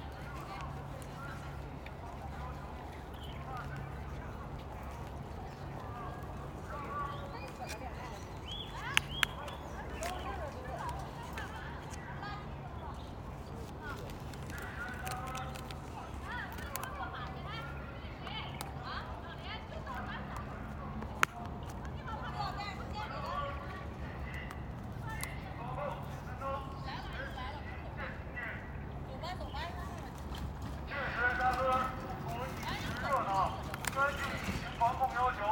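Outdoors near a riverside garden, overlapping voices chatter steadily over a low, constant hum. A couple of sharp clicks land around nine and twenty-one seconds, and the talk grows louder in the last few seconds.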